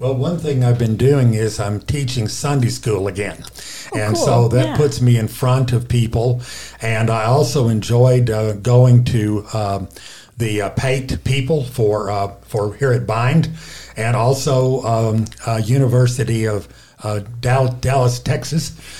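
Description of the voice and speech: An adult man speaks in a low, steady voice with frequent stretched sounds, hesitant pauses and restarted phrases while searching for words, including a repeated 'for' and 'Dallas'. This word-finding difficulty fits aphasia after a stroke affecting the left side of the brain, a language disorder affecting speaking.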